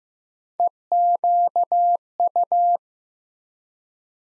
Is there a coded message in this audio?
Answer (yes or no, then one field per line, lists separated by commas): yes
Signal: Morse code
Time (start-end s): 0.6-2.8 s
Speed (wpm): 15 wpm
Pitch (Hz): 700 Hz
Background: none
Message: EQU